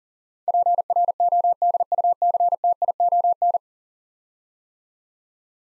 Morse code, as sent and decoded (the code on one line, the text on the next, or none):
.--. .-. --- -.. ..- -.-. - .. --- -.
PRODUCTION